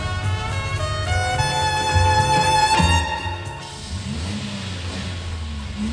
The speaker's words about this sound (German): Und jetzt lässt er den Motor laufen. Das hat er nämlich verlangt, der Entführer. Bei geschlossenem Garagentor den Motor laufen, weißt du als Polizist nicht, was das bedeutet?